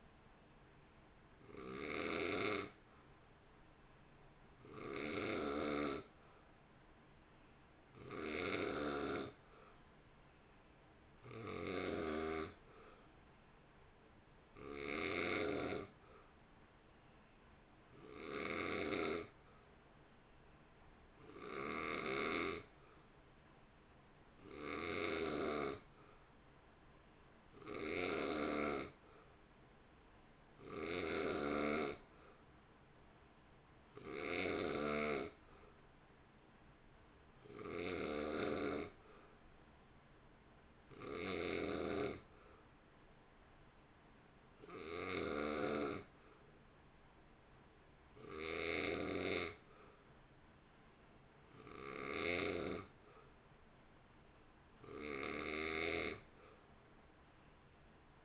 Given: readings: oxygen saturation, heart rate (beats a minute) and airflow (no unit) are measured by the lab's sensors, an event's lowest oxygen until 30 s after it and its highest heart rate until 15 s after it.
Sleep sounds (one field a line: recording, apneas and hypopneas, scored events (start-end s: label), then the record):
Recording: breathing in sleep by a voice recorder at the bedside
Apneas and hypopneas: none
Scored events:
none scored
From the record:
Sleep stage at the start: N2 (light sleep)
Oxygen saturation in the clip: 84 to 90%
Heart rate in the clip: 53 to 60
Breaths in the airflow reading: 19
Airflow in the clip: -1.7 to 0.9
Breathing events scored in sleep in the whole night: 328 in 6.3 hours asleep